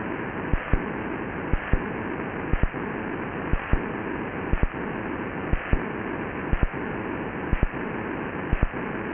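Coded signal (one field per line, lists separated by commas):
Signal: radio time signal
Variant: DCF77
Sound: steady hiss with a short double click every second, about nine seconds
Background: radio static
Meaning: Second marks that synchronize radio-controlled clocks in Europe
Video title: DCF 77 Time signal Mainflingen Germany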